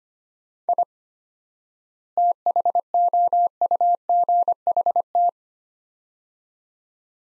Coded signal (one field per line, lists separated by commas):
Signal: Morse code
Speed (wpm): 25 wpm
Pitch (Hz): 700 Hz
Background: none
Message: I THOUGHT